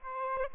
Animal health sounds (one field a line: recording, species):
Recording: mosquito wingbeat signal from an infrared sensor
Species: Aedes aegypti